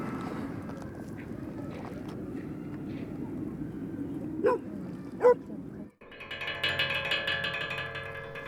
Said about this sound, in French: Par contre, il y a d'autres chiens qu'on entend avant de les voir, qui aboient fortement. Et lui, non, c'est un petit chien de salon.